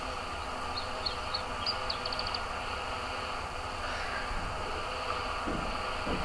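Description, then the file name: Iberian chiffchaff song phrase with spaced high notes followed by a fast burst of repeated notes; continuous hiss with a low sliding engine-like sound later. "Iberian Zilpzalp Kai Kruse"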